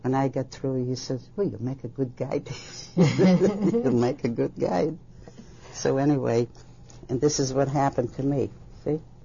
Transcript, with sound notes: When I get through he says, "Well, you make a good guide. (both laugh) You make a good guide." So anyway, this is what happened to me, see?